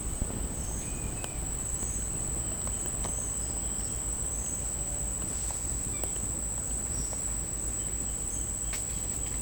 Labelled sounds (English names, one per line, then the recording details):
none
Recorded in secondary vegetation near Puerto Asís, Putumayo, Colombia, on 22 December 2024 at 09:30
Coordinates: 0.481, -76.318
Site G042